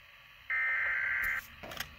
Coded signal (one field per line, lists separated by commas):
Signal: Emergency Alert System (SAME) tones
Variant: header bursts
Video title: (EAS #94) Severe Thunderstorm Warning 6/20/2020